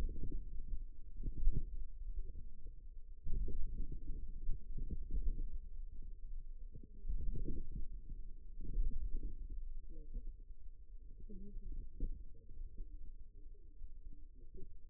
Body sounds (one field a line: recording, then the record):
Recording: forearm muscle sounds (acoustic myography)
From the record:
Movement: outward rotation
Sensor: system 2, bracelet of six BSWA MPA416 microphones around the upper forearm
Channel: 4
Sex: female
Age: 21 years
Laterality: right